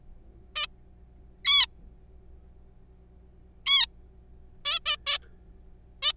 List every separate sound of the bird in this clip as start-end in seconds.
0.56-0.67, 1.45-1.66, 3.66-3.86, 4.65-4.80, 4.86-4.96, 5.07-5.17, 6.03-6.13